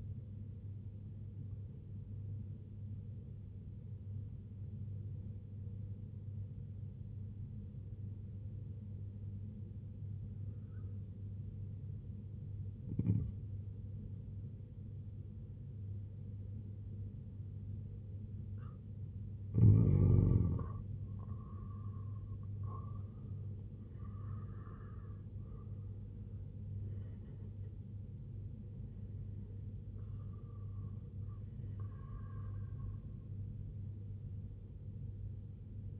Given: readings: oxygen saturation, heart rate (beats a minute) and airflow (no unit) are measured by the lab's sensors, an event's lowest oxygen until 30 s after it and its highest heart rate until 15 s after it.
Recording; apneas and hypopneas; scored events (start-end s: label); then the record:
breathing in sleep by a smartphone at the bedside; 1
4.00-18.10 s: obstructive apnea (N2, oxygen 94% highest, then 88% lowest, heart rate 66 at the start, 91 highest)
30.00-36.00 s: new sleep stage, N1 (lightest sleep)
From the record:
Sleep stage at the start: N2 (light sleep); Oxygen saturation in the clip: 88 to 94%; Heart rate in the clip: 64 to 91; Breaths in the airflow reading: 5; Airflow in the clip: -8.9 to 7.2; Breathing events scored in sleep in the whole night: 258 in 7.4 hours asleep